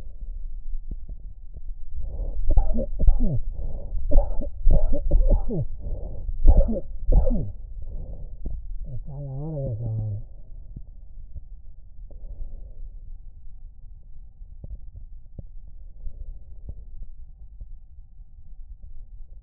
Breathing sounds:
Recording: lung sounds by stethoscope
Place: left anterior apical chest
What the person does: quiet breathing, then cough and speech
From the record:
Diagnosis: COPD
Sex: male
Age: 78 years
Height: 162 cm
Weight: 66.4 kg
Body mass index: 25.3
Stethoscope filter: extended mode

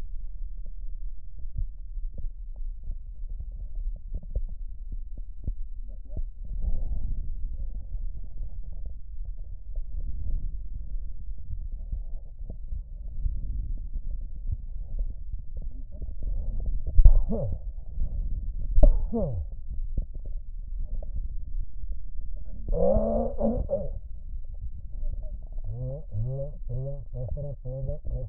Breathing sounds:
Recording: lung sounds by stethoscope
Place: left posterior basal chest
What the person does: quiet breathing, then cough and speech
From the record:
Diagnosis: pulmonary infection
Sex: male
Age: 54 years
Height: 187 cm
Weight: 95 kg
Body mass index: 27.2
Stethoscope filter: extended mode

